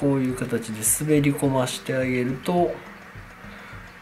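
A modified, back-fitted plastic part of a 1/100 Full Mechanics Gundam Barbatos Lupus Rex model kit is being slid into its socket in the mating frame piece while someone talks for most of the clip. The voice fades to a quiet, low background after about 2.8 seconds, and nothing has seated or clicked yet.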